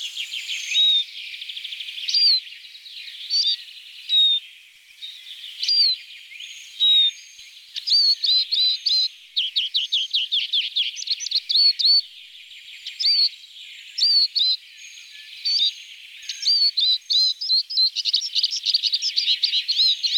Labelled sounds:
Eurasian Siskin song

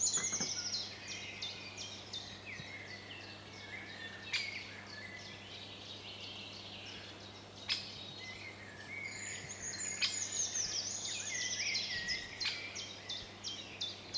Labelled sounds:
Common Firecrest song

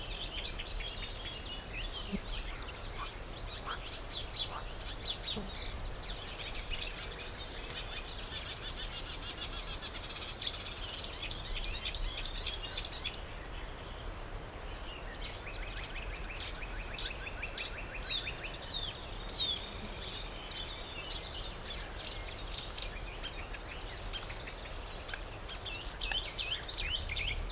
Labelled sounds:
Marsh Warbler

